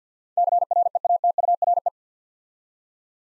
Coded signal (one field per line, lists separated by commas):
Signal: Morse code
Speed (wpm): 53 wpm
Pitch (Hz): 700 Hz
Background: none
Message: CREATURE